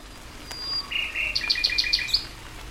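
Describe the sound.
Common nightingale song: a thin high whistle, then lower buzzy notes and a quick series of six evenly spaced high chirps, over faint steady background hiss.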